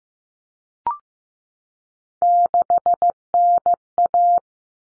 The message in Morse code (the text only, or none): 6NA